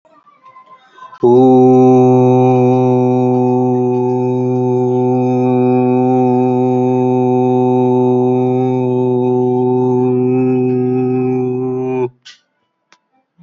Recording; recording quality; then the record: sustained vowel as in boot; excellent, no background noise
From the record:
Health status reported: healthy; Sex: male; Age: 39 years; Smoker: no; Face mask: not worn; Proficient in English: yes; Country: India